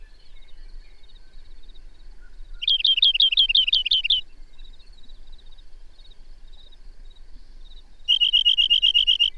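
Bird song: a rapid run of slurred chirping notes, a quiet stretch with faint twitters, then a fast, even trill near the end.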